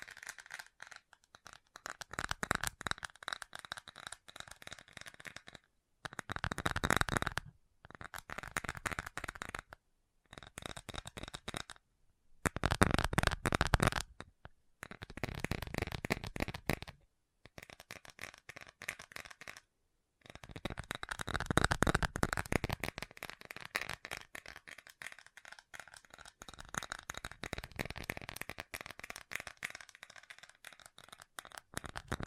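Fast tapping, ASMR style, arrives in dense bursts of quick, crisp clicks with a rattling, card-shuffle texture. Bursts run a few seconds each and are split by short silent breaks. The busiest, loudest stretches fall around 13 and 22 seconds.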